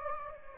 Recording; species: mosquito wingbeat signal from an infrared sensor; Anopheles gambiae